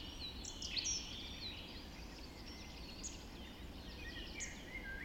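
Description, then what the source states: Birds calling at dawn, scattered thin high whistles and brief chirps, fairly quiet, over a persistent low rumble. Dawn chorus recorded just after dawn in the Forest of Dean.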